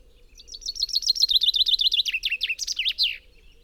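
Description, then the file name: Common chaffinch delivers one full song, a quick series of bright repeated notes that drop in pitch and end in an emphatic twirling flourish. "Fringilla coelebs"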